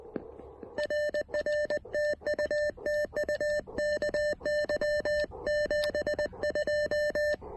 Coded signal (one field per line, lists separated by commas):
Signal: Morse code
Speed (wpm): 20 wpm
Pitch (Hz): 590 Hz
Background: none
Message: RR TU TU KY 72